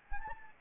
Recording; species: mosquito wingbeat signal from an infrared sensor; Anopheles gambiae